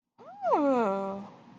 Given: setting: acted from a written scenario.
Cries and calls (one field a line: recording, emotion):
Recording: vocal sound without words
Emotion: interest